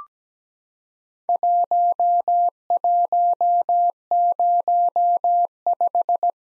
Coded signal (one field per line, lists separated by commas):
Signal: Morse code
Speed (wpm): 17 wpm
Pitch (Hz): 700 Hz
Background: none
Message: 1105